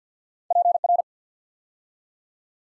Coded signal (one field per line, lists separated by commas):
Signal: Morse code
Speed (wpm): 48 wpm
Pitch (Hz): 700 Hz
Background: none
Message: PR